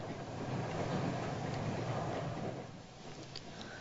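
A steady low rumble of a train rolling along rails, broad and continuous, easing slightly quieter toward the end with faint rattles and clicks on top. No one speaks.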